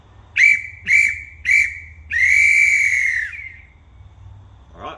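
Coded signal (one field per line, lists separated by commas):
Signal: whistle signal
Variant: crane whistle signal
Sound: three short shrill whistle blasts, then one long blast of about a second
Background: low electrical hum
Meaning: Boom up and rope down together, floating the load back at that height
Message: 3 short, 1 long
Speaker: you'll blow the boom up signal followed by the rope down so that'll be all right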